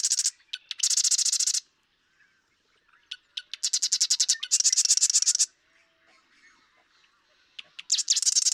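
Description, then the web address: Marsh Wren song: several fast, harsh, stuttering trill phrases, some starting with isolated clicks, with brief silences between. "birdsongforthecurious songs Marsh Wren"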